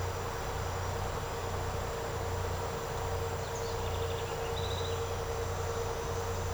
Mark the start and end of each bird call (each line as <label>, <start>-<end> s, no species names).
bird call, 3.59-4.99 s